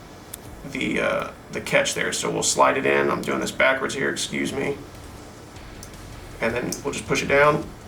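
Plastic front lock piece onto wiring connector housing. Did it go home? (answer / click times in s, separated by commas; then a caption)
no / none. Someone talks while a plastic front lock piece (terminal position lock) is slid in and pushed down onto a 3-terminal D81B3 automotive wiring connector housing, with faint handling ticks near 0.3 s and 5.8 s. The clip ends before the piece goes home; nothing has seated or clicked yet.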